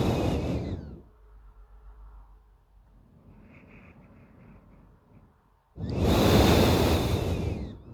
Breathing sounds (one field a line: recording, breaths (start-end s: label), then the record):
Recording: nose breathing near a microphone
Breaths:
0.00-0.97 s: exhalation
2.76-5.80 s: inhalation
5.80-7.94 s: exhalation
From the record:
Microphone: phone